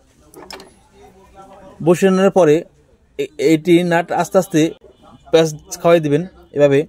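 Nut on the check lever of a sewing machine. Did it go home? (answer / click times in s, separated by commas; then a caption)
no / none. A small metal nut is set lightly by hand on the check lever assembly of a Butterfly sewing machine, to be threaded in slowly rather than forced so the body's threads don't strip. Short metallic taps come at 0.3, 0.5 and 0.6 s, then someone talks. Nothing has seated or clicked yet.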